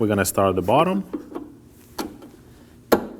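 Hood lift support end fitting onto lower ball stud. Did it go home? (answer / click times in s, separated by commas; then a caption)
yes / 2.9 s. Someone talks, then the bottom end of a new hood lift support for a 2017-2024 Nissan Armada is lined up with the lower ball stud and pushed on, with a light knock near 2.0 s. Its socket snaps onto the ball stud with a sharp click at 2.9 s, and the end is seated.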